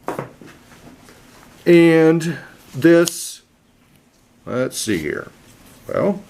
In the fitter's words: Obviously, these all lock into place.